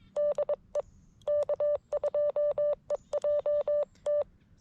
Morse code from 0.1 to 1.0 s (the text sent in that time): DE